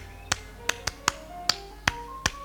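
A handful of sharp, crisp hand claps, about eight in all, struck one at a time in a loose, slightly uneven rhythm with no talking in between, as a demonstration of making music with the hands.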